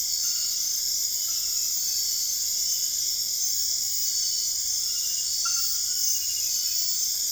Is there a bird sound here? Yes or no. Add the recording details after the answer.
no. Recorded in dense forest near Puerto Asís, Putumayo, Colombia, on 20 February 2024 at 04:00. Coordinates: 0.485, -76.318. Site G6408